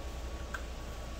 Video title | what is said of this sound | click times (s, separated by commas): Feniex One Controller , Unboxing and Overview! | into the rear of the controller there snaps right in your | 0.5 s